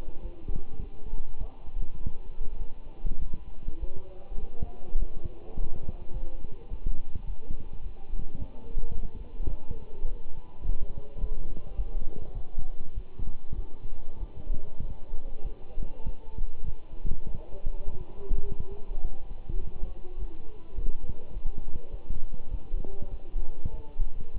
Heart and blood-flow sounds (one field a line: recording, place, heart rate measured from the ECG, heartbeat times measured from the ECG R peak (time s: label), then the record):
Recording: heart sounds by stethoscope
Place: between the tricuspid and mitral areas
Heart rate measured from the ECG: 102 bpm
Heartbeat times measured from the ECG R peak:
0.22 s: heartbeat
0.81 s: heartbeat
1.39 s: heartbeat
1.98 s: heartbeat
2.58 s: heartbeat
3.20 s: heartbeat
3.80 s: heartbeat
4.40 s: heartbeat
4.99 s: heartbeat
5.56 s: heartbeat
6.13 s: heartbeat
6.70 s: heartbeat
7.26 s: heartbeat
7.82 s: heartbeat
8.38 s: heartbeat
8.94 s: heartbeat
9.49 s: heartbeat
10.05 s: heartbeat
10.63 s: heartbeat
11.20 s: heartbeat
11.76 s: heartbeat
12.34 s: heartbeat
12.95 s: heartbeat
13.56 s: heartbeat
14.19 s: heartbeat
14.82 s: heartbeat
15.43 s: heartbeat
16.05 s: heartbeat
16.66 s: heartbeat
17.26 s: heartbeat
17.85 s: heartbeat
18.44 s: heartbeat
19.03 s: heartbeat
19.61 s: heartbeat
20.19 s: heartbeat
20.76 s: heartbeat
21.33 s: heartbeat
21.91 s: heartbeat
22.50 s: heartbeat
23.10 s: heartbeat
23.71 s: heartbeat
24.34 s: heartbeat
From the record:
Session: walking at 3.7 km/h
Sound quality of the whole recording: good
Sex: male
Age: 24 years